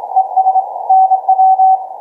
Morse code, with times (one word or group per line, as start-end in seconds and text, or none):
0.2-0.6 ES
0.9-1.8 NW